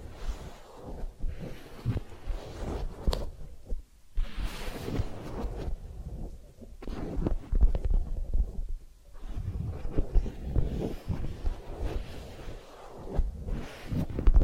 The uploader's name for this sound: Massage, Ear Cleaning and Spa